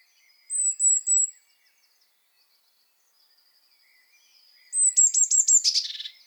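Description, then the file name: Eurasian blue tit, a few thin high notes, a long quiet gap, then a harsher fast trill of buzzy notes at the end. "Cyanistes caeruleus"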